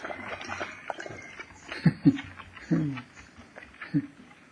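A dog gives four short, sharp barks at irregular intervals, the middle two coming close together, over a steady murky background rumble.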